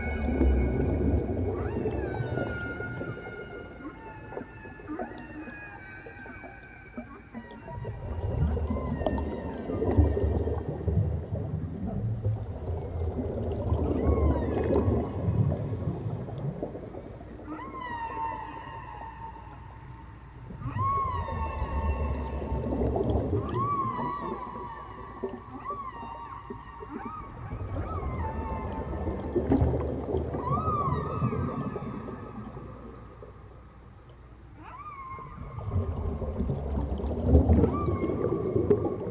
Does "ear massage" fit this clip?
no